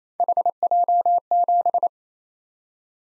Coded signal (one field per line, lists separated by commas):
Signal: Morse code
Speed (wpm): 28 wpm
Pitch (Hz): 700 Hz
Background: none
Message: HJ7